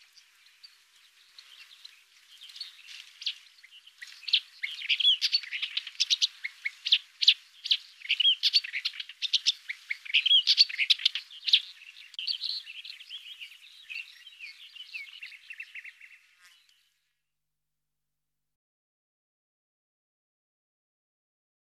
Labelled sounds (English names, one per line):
Upcher's Warbler song